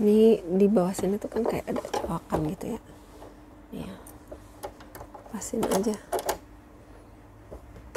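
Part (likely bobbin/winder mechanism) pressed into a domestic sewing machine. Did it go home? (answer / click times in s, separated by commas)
yes / 6.3 s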